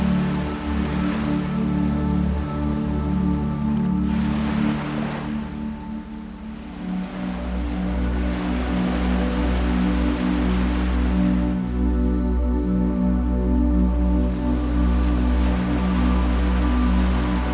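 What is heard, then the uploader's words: Ocean waves wash softly over a steady, low droning tone that holds throughout. Gentle surges of surf swell and fade every few seconds, around the one-, four-, eight- and fifteen-second marks, while the deep hum stays constant underneath. A blend of ocean waves and 17Hz frequency binaural beats.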